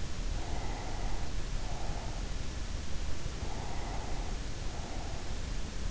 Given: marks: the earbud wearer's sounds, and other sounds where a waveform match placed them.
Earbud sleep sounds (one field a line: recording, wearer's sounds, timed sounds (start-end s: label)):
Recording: sounds in sleep by an in-ear microphone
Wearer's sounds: breath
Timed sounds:
0.22-2.68 s: breath
3.34-5.62 s: breath